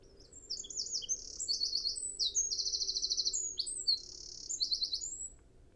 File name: Troglodytes troglodytes